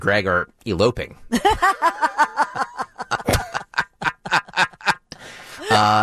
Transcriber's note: laughter